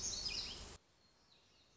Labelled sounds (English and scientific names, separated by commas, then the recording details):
Black-throated Gray Warbler (Setophaga nigrescens)
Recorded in Sonoma County, California